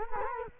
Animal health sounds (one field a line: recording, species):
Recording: mosquito wingbeat signal from an infrared sensor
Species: Culex quinquefasciatus